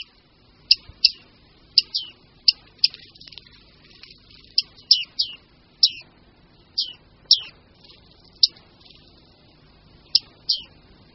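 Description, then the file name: Bearded reedling giving bright ringing 'ping' notes, often in doublets, spaced unevenly over eleven seconds with little else heard. "Sýkořice-vousatá"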